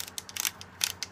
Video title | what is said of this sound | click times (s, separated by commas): Product Review -Best Rod for under $100 | it kind of clicks into place it's not like some other ones where you just have to keep winding it down this one | 0.2 s, 0.4 s, 0.5 s, 0.6 s, 0.8 s, 1.0 s